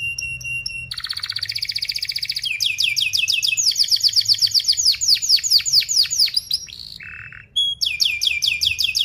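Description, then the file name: Canary singing a rapid, continuous song of rolling trills and fast descending sweeps, with a short low buzzy note before the sweeps resume. Canary in full, vigorous song with fast, tightly spaced 'cuit-cuit' chirps and sharp rolling phrases. "Suara Kenari Gacor Speed Rapat Cuit Cuit Ngerol Tajam"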